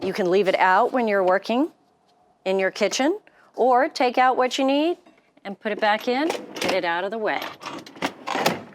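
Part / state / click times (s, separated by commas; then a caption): slide-out fridge drawer in a trailer galley cabinet / seated / 8.5 s. Someone talks while the slide-out fridge/freezer drawer in the galley cabinet of a nüCamp RV T@G Teardrop Trailer XL is pushed back in. A series of short clunks follows near the end, and the drawer locks into place at 8.5 s.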